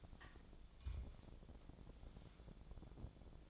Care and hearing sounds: daily activity, microphone in the room; take from stove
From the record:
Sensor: 5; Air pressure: 1000.0 hPa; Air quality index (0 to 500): 93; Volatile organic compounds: 1 ppm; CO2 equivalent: 758 ppm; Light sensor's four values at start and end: 322/751/328/368 and 322/751/328/368

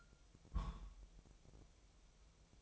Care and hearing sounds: daily activity, microphone in the room; place on stove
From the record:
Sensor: 1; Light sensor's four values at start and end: 9/22/8/9 and 9/22/8/9

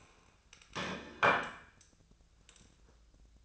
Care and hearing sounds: daily activity, microphone in the room; place plate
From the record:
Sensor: 2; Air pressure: 1009.3 hPa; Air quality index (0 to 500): 187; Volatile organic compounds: 11 ppm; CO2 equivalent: 2322 ppm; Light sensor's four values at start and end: 21/52/22/24 and 22/54/23/26

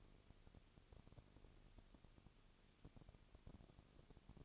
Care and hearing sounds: daily activity, microphone in the room; no activity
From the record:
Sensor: 4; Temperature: 22.3 degrees Celsius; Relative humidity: 32.7%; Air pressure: 1001.9 hPa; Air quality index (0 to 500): 186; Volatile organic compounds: 4 ppm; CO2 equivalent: 1639 ppm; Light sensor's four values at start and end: 2/3/1/1 and 2/3/1/1

